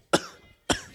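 Two abrupt, harsh coughs from an adult man who is ill with a sore throat, about half a second apart, each fading quickly.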